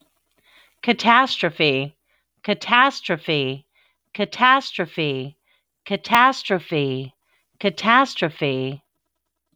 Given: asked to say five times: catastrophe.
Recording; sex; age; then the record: repeated word; female; 40 to 49 years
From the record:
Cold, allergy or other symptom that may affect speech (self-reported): no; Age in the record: 45 years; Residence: Tennessee, United States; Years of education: 15